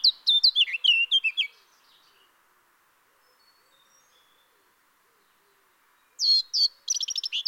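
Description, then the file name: Eurasian blackcap song: a rapid warbled phrase, several seconds of near silence, then another quick scratchy burst. "Sylvia atricapilla"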